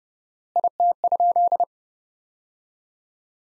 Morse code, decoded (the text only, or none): IT?